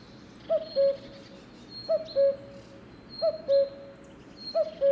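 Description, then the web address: Cuckoo's two-note cu-coo repeated four times in quick succession, with faint high bird chirps behind. "2020 04 30-minutes-of-cuckoos"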